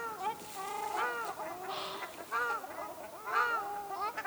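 Ruddy shelduck giving loud nasal honks, drawn-out and slightly wavering, in a near-continuous series.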